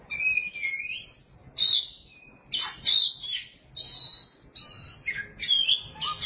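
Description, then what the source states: Oriental magpie-robin song: varied clear whistled phrases, some rising and falling, others short and sharp, delivered in bursts with brief pauses between them. Chirping song (kicauan) of the bird.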